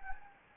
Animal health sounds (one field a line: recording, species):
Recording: mosquito wingbeat signal from an infrared sensor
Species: Anopheles gambiae